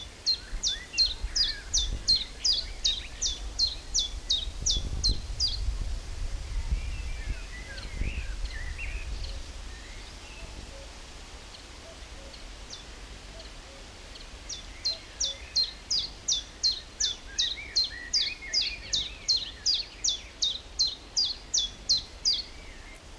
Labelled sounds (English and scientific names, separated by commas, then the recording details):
Common Chiffchaff (Phylloscopus collybita)
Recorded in the wild
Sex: male
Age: adult
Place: Lübars (Fließtal), Berlin, DE
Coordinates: 52.6175, 13.3625
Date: 1998-05-23 18:18
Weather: cloudy, 15°C
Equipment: Sony MD-WM MZ-R3, Sennheiser MKH 416 T, Kopie Uher 4000 Report Monitor
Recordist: Tembrock, Günter